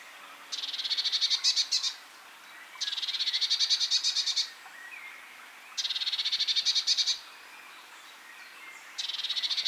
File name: Cyanistes caeruleus